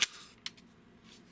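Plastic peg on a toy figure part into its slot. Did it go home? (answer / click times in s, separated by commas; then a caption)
yes / 0.0 s, 0.5 s. Plastic pegs on a TFC Ironshell (Snaptrap) transforming robot toy figure are pushed into their matching slots until the parts, once lined up, lock into place. Two sharp plastic snaps are heard at 0.0 s and 0.5 s, followed by a faint tick. The pegs seat in their slots.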